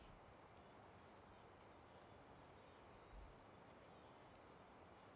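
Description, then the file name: Cicada sound as a thin, very high, regular pulsing of buzzes separated by short gaps, over a steady hiss of background noise. Cicada with an unusual sound, recorded on a riverbank. "Cigarra com Som Diferente na Beira do Rio"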